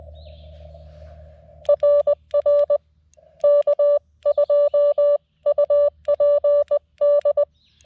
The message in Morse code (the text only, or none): RR K2UPD